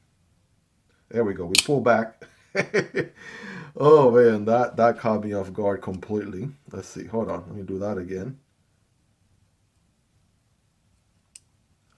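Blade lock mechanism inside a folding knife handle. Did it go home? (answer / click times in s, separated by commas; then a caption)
yes / 11.4 s. A man talks from about 1 to 8.4 s while handling a folding knife, then pulls the handle back to cock the blade mechanism. At 11.4 s the internal blade lock latch inside the handle engages with one sharp, short click, and the knife is locked.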